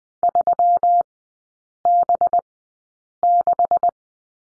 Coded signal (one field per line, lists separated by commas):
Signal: Morse code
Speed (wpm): 20 wpm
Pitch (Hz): 700 Hz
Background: none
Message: 3B6